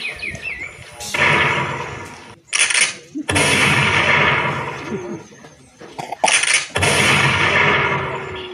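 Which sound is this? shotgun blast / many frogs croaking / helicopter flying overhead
shotgun blast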